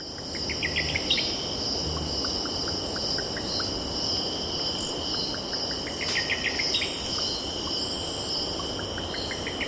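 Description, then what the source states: Cicadas give a steady, shrill, high buzzing drone with pulsing upper tones. A bird repeats rising series of short notes, over a constant low roar of surf. Cicadas stridulating, with birds calling and distant ocean in the background.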